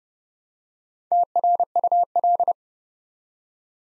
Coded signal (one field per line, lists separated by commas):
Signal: Morse code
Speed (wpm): 30 wpm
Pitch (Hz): 700 Hz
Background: none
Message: TRUL